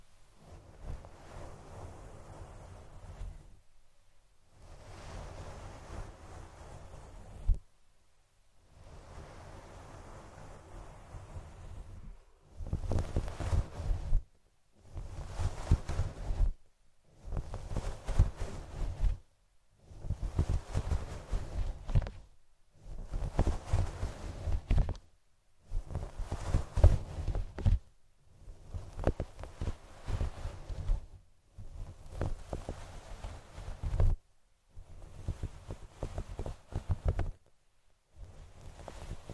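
Fluffy microphone scalp-massage sounds: soft rubbing and brushing in bursts of a few seconds, separated by short silences, growing louder after the first twelve seconds.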